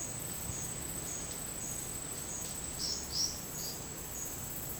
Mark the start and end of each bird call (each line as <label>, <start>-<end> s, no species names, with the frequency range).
bird call (3.5-6.6 kHz), 2.76-3.85 s